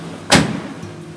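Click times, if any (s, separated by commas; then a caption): 0.3 s. After the seat folds into the floor well of a Chrysler Town & Country / Dodge Grand Caravan minivan, the hinged load-floor panel over the Stow 'n Go under-floor seat storage bin is pulled flat. Over a steady low hum, a sharp, loud snap lands at 0.3 s and fades within a few tenths of a second. The panel snaps into place and is seated.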